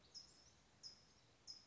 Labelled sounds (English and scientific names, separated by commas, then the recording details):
California Towhee (Melozone crissalis)
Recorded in Sonoma County, California